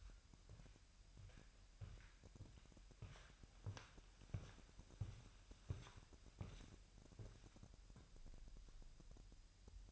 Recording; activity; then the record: daily activity, microphone in the room; walk to room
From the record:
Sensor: 2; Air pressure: 1001.8 hPa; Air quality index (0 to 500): 249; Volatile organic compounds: 36 ppm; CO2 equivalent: 3074 ppm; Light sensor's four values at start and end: 6/14/6/6 and 6/13/5/6